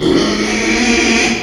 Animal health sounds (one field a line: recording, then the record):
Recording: squeal of a Yucatan mini pig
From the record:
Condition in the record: after surgery on the right vocal fold (resection and tissue-engineered implant)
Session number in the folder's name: 2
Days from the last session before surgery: 13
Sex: male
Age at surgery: 12 weeks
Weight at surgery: 13 kg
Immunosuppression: cyclosporine, prednisolone